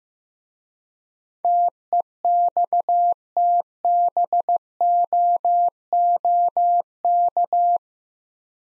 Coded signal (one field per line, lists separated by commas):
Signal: Morse code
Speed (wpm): 15 wpm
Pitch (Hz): 700 Hz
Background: none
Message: TEXTBOOK